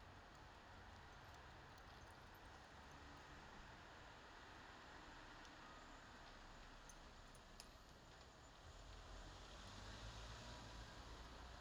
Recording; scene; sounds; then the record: everyday scene through a hearing-aid microphone; in traffic; traffic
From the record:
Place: bus stop on a city main road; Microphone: in the ear canal, left